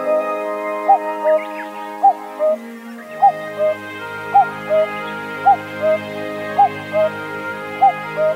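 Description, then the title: Common cuckoo repeating its falling two-note cuck-oo roughly every second over a steady background of sustained tonal music. Recorded at Zao, Japan. "朝の小鳥. 蔵王のカッコウ"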